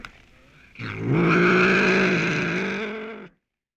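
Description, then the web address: Cougar call, one drawn-out harmonic yowl lasting about two and a half seconds, cutting off abruptly. "ani soundz mountain lion"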